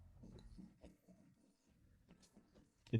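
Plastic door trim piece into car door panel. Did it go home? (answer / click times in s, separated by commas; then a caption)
yes / 2.9 s. A plastic door trim piece on an Audi A3/S3 Sedan door panel is aligned on its side guide pin first, so the finish isn't broken, then pushed forward. Quiet handling and rustling lead up to a sharp click at 2.9 s as it clips home and locks in place.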